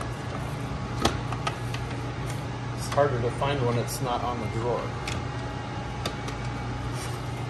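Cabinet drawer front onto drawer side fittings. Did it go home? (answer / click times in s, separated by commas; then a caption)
no / none. A cabinet drawer front for a Hettich AvanTech drawer is handled near the metal drawer sides, ready to be fitted onto the side fittings. Someone talks while short handling knocks and taps sound at about 1.0, 1.3, 1.5, 1.7 and 6.1 seconds over a steady low hum. Nothing has seated or clicked into place yet.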